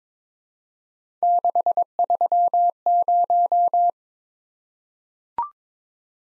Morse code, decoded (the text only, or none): 630